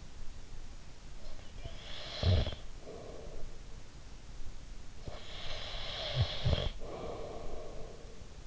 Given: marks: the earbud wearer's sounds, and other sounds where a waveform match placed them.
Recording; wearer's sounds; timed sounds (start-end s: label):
sounds in sleep by an in-ear microphone; snoring breath
1.03-3.54 s: snoring breath
4.71-8.47 s: snoring breath